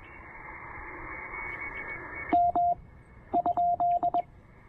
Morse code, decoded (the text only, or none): M?